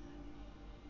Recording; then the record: background sound without coughing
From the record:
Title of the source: BackgroundMusic4